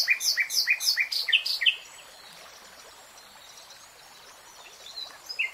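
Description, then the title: Nightingale song: a quick run of repeated bright chirping phrases, then near silence with a couple of faint notes at the end. Nightingale singing in real time. "[Tiếng chim hót] REALTIME Nightingale Singing"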